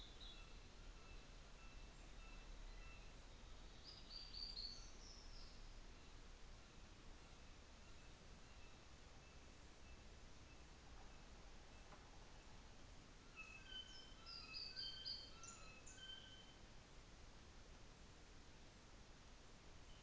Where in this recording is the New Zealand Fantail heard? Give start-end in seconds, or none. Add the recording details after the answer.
none. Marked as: faintness 4/5, faintness 5/5. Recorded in New Zealand on 24 December 2018. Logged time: 17:00